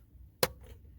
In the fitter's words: is simply just a little twist you get a little click and it comes out now